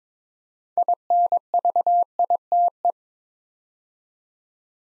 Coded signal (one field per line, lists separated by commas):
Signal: Morse code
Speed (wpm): 22 wpm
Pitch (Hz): 700 Hz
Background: none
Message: INVITE